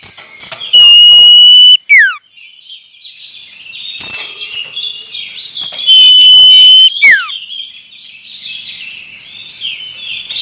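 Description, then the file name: Common iora song, two long level whistles, each ending in a quick downward slur, against constant twittering and chirping from other birds. Male. "suara burung cipoh jantan"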